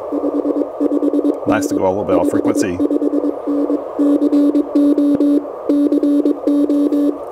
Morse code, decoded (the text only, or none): 55N 55N CO CO